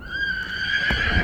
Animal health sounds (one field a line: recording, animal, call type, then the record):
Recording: contact call of a hoofed animal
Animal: Przewalski's horse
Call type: whinny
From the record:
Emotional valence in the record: negative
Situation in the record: group separation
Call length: 1.24 s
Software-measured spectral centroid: 2190 Hz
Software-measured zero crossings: 3290 a second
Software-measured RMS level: -23 dBFS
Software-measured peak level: -8 dBFS